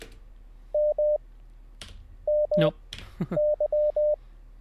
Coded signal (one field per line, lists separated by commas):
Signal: Morse code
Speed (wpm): 20 wpm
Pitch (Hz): 600 Hz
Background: speech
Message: MMY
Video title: How To Learn Morse Code LIVE with N0SSC (Day 11)